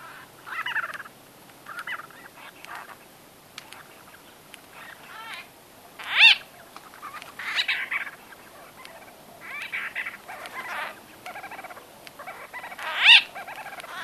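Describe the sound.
White-fronted bee-eater calls: scattered nasal chattering notes with two sudden loud harsh bursts about seven seconds apart.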